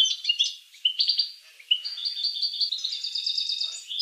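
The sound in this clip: Finch song: a high twittering run of short chirps and sliding trilled notes, settling into a steady warble.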